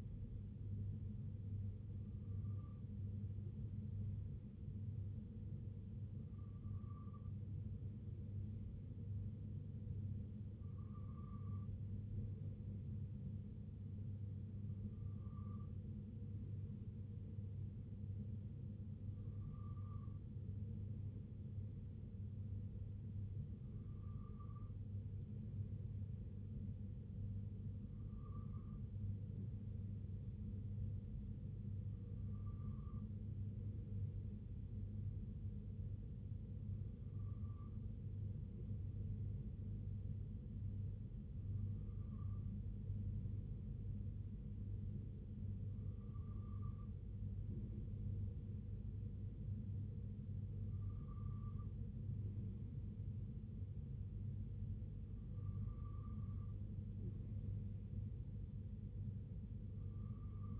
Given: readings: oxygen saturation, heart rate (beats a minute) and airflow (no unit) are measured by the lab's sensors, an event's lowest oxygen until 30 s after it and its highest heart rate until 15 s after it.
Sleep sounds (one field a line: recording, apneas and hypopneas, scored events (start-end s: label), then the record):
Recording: breathing in sleep by a smartphone at the bedside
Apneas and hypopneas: none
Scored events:
none scored
From the record:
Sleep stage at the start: N2 (light sleep)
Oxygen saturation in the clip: 94 to 95%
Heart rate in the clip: 62 to 66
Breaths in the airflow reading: 13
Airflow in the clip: -2.9 to 2.2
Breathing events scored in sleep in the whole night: 258 in 7.4 hours asleep